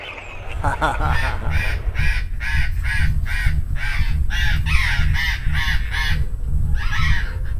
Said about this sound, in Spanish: Estoy acá escuchando a los loros. Porque esta es la hora que los loros se van a dormir, ¿viste? Ah, sí, sí, sí. Yo escucho el loro afuera y pasan los loros volando.